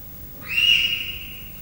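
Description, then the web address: Leopard cub chirp: a single bright whistled note that swells quickly, holds briefly, then fades, over quiet low background noise. Three-month-old leopard cubs chirping and meowing at a zoo in Miskolc, recorded in 2009. "allathangok miskolcizoo 2009 standardt leopard haromhonaposkolyokcsipog nyavog"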